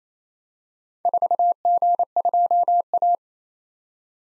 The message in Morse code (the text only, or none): 4G2A